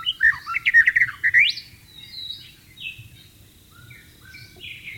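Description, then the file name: White-rumped shama song: a loud rippling warble climbing to a high sweep, then quieter whistled notes. Wild bird in its natural habitat. "suara burung murai batu di alam liar"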